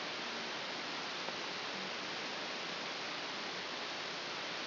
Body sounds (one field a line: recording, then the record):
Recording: brain microelectrode recording played as sound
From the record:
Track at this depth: inside the subthalamic nucleus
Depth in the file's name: 3.327 mm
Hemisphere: left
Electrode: 2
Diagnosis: Parkinson's disease